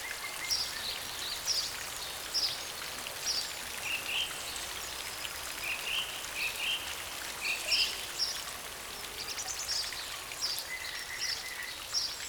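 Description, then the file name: Songbirds giving many short high chirps over steady rain. Songbirds in a deep forest during a rain shower. "Deep Forest Rain Shower With Songbirds"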